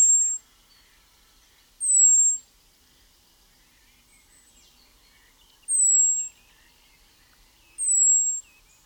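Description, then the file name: European robin uttering piercing high, thin, descending seep notes, spaced irregularly a couple of seconds apart, in quiet surroundings. "Erithacus rubecula"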